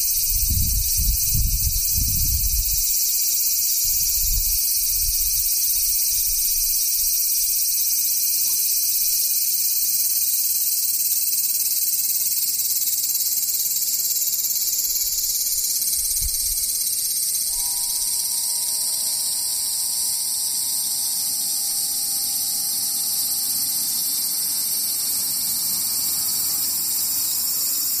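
Cicadas keep up a dense, bright, unbroken shrill drone for the whole stretch, steady in level throughout. Low thumps come in bursts during the first seven seconds and once near sixteen seconds. From about seventeen seconds, a faint steady tone sits beneath the chorus.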